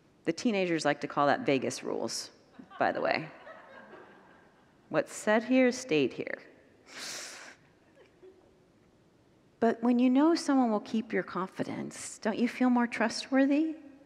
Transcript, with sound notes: The teenagers like to call that “Vegas rules,” by the way. [Congregants laugh] What’s said here stays here. But when you know someone will keep your confidence, don’t you feel more trustworthy?